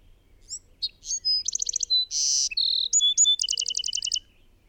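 Songbird delivering a rich, fast song: thin whistles, a loud buzzy note, sliding tones and a closing rapid trill of repeated double notes.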